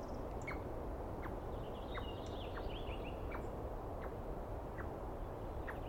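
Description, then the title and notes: Douglas squirrel giving a steady series of short falling notes over a low rumbling background. Dawn, morning of 21 April 2017, East Cascades; one squirrel screaming for a good while, startling the recordist; identified by its sound without a clear look. "Interview With The Chipmunk. On the morning of 21 April, 2017, I set up my microphones and recorder for a nice dawn recording in the East Cascades. I was started awake by a screaming Douglas Pine Squirrel"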